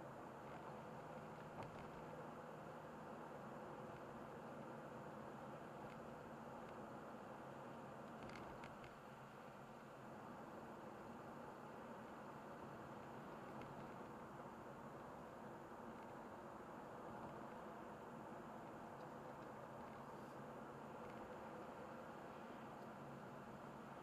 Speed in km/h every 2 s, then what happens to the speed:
58, 58, 57, 56, 56, 55, 55, 56, 57, 59, 57, 53.
0-18 steady at about 56. 18-24 slows to 53.